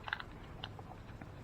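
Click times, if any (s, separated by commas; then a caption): 0.1 s, 0.6 s. A plastic axle piece is pushed onto an RC monster truck axle housing that holds the diff. Short, sharp plastic clicks sound at about 0.1 s and 0.6 s as the piece snaps in, along with a few fainter ticks. The piece ends up seated in the housing.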